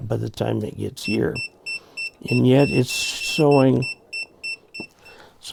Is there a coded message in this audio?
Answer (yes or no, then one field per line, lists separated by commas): no